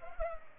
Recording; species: mosquito wingbeat signal from an infrared sensor; Culex pipiens